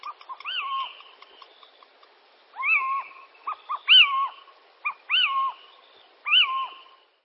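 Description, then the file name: Little owl giving clear, drawn-out mewing calls that rise then fall, about five in seven seconds, with faint short notes between them. "Steinkauz - NABU"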